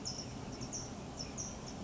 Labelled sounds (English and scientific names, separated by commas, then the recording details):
California Towhee (Melozone crissalis)
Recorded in Sonoma County, California